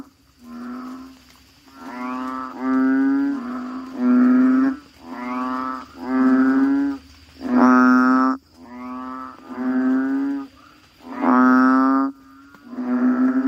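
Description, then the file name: Frog: deep, buzzy moaning calls, notes about a second long coming one after another. "suara kodok bangkong"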